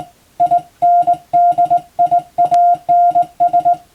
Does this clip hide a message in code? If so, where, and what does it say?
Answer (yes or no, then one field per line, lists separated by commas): yes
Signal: Morse code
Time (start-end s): 0.4-3.7 s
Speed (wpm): 20 wpm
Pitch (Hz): 700 Hz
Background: music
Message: INDIANS